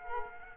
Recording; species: mosquito wingbeat signal from an infrared sensor; Culex quinquefasciatus